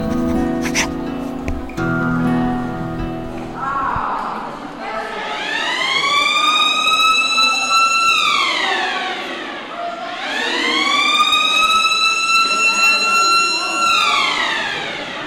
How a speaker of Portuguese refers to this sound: Antes do pequeno almoço, tem uma sirene, um som, que é para acordarem. Eu acordo um quarto para as 6.